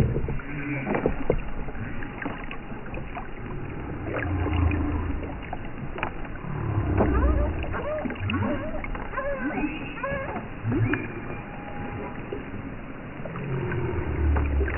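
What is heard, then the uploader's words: Whale song with short rising and falling moans, most noticeable around the middle of the clip, over a constant low underwater rumble. Sharp clicks and knocks break in often and irregularly throughout. The sound is dull and muffled, with little or no treble. Majestic Whales: A Symphony of the Deep. Whale songs. Hauntingly beautiful moans to rhythmic clicks.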